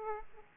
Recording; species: mosquito wingbeat signal from an infrared sensor; Aedes aegypti